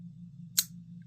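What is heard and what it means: The steel blade of a QVIST Bladeworks Variant PE3 folding knife snaps into its locked or detent position in the handle with one sharp, bright click at 0.6 s, over a steady low hum. It is unclear whether the lock engages on opening or the detent catches on closing, but the blade seats firmly with a real nice click.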